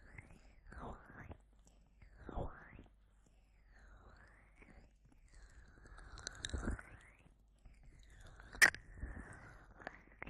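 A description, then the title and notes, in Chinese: Ear massage: slow rubbing strokes sweep past every second or two, soft and full, with one sharp click near the end. 耳朵按摩特輯，無人聲。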